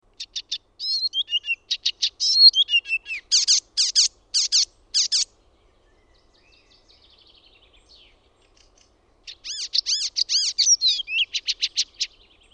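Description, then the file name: Icterine warbler singing rapid repeated harsh and whistled notes, a quiet gap of several seconds, then another burst of fast repeated ringing notes. "KULTARINTA"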